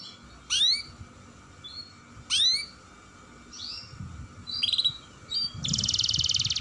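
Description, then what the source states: Atlantic canary song: sharp rising chirps spaced apart, a few soft notes, then a dense rapid trill at the end. Song style described as gacor with long rolls (roll panjang).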